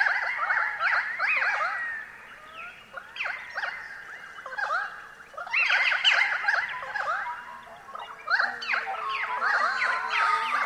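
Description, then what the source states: Pied currawongs in a busy chorus of ringing, fluting whistles and slurred notes, coming in repeated bursts. Pied currawongs recorded in eucalypt forest.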